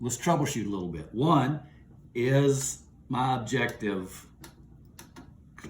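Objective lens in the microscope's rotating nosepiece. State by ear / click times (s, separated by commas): seated / 5.6 s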